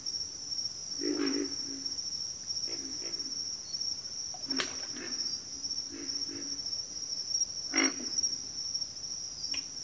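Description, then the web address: Pig frog grunting now and then in low, rasping bursts, with a high insect drone and soft background hiss. Pig frogs calling in a bayou. "Echoes of Nature - Bayou Pig Frogs"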